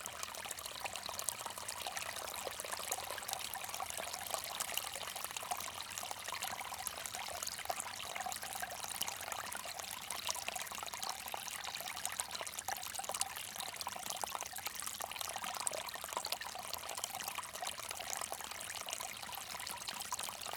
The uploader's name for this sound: Bamboo Water Fountain